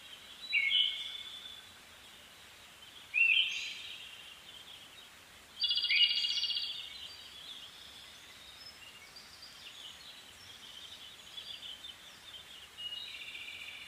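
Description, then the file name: Siberian thrush singing short, slurred phrases every few seconds, one of them a longer buzzy, rattling trill, with a faint hiss throughout. Recorded 2 June 2010 at 03:44. "mamijiro-20100602-0344"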